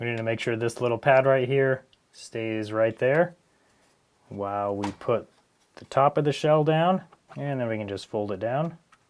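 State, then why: Not seated. Someone talks while handling the plastic top shell of a Nintendo Switch 2 handheld game console, getting ready to fold it down onto the console frame while a small pad is kept in place. Only speech is heard, with no distinct mechanical sounds. Nothing has seated or clicked yet.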